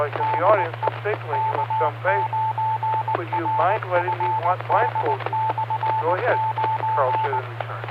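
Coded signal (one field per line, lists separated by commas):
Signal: Morse code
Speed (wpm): 19 wpm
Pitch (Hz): 880 Hz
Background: speech, radio noise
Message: DE K9RFD/9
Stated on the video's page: Weekly Friday evening net on a 2 m repeater (146.610, minus offset, 114.8 PL), sometimes on 147.195, plus offset.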